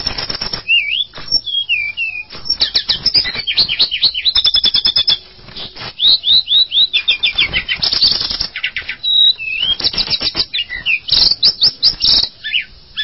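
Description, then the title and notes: Bird song: loud, fast run of whistled slurs and dense clicks and rattles, broken by a few brief pauses. "Bird Sound. Kicau Burung Lengkap"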